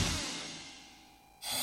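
Acted snoring by an adult, a breathy snore that fades away before another begins. Snoring that goes on all night. Loud snoring, abnormal sleepiness or pauses in breathing during sleep may signal sleep apnoea, which raises the risk of heart disease, high blood pressure and stroke.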